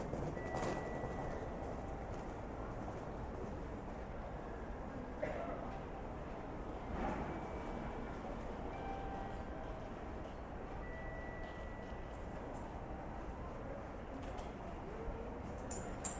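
A train station in Japan hums with a steady, dense low rumble of trains and movement. Voices murmur through it, and thin, high tones ring briefly near the start, around eleven seconds, and elsewhere, alongside scattered clicks and knocks.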